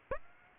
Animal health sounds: mosquito wingbeat signal from an infrared sensor; Aedes aegypti

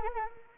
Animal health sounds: mosquito wingbeat signal from an infrared sensor; Anopheles arabiensis

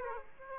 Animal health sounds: mosquito wingbeat signal from an infrared sensor; Aedes aegypti

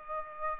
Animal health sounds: mosquito wingbeat signal from an infrared sensor; Aedes aegypti

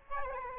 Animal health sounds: mosquito wingbeat signal from an infrared sensor; Aedes albopictus

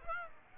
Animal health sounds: mosquito wingbeat signal from an infrared sensor; Aedes aegypti

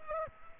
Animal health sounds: mosquito wingbeat signal from an infrared sensor; Culex pipiens

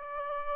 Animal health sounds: mosquito wingbeat signal from an infrared sensor; Aedes albopictus

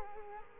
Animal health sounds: mosquito wingbeat signal from an infrared sensor; Culex quinquefasciatus

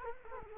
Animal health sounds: mosquito wingbeat signal from an infrared sensor; Culex quinquefasciatus

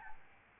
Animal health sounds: mosquito wingbeat signal from an infrared sensor; Aedes albopictus

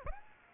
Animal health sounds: mosquito wingbeat signal from an infrared sensor; Aedes aegypti

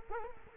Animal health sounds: mosquito wingbeat signal from an infrared sensor; Culex quinquefasciatus

